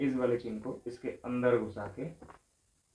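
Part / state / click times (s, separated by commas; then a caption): plastic phone chin mount into its helmet base / not seated / none. A plastic phone chin mount is being handled and slid toward its helmet base while someone talks over it. Nothing has seated or clicked yet; the clip ends just before the mount locks into place, and the last 0.6 s is near silence.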